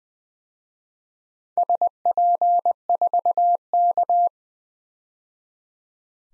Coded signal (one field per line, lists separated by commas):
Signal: Morse code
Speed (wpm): 21 wpm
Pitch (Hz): 700 Hz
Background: none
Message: SP4K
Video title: DXCC-100 Call Signs - 4 Character 20wpm